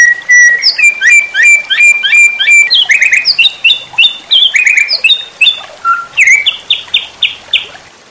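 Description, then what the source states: White-rumped shama song: a fast, varied run of clear whistles and sharp slurred notes, some repeated in quick bursts, others rising and falling, with short gaps between phrases. Masteran (cage bird training) recording titled Murai Batu Labaik.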